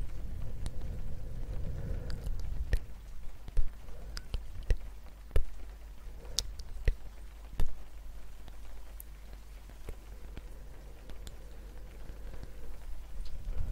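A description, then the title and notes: Sharp wooden taps land irregularly every second or so over a soft, steady low rumble, with occasional faint breathy puffs between them. Gentle wood tapping, ear blowing.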